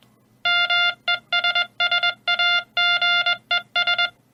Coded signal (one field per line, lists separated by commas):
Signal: Morse code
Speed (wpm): 21 wpm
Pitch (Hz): 2800 Hz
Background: none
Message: MESSAGES